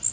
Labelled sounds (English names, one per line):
Louisiana Waterthrush flight call